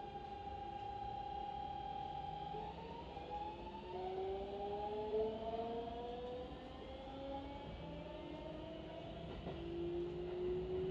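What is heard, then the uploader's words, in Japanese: A train's motor sings a rising scale, its tones climbing step by step over a steady low rumble of rolling wheels. ファソラシドラミファソ〜って鳴る電車。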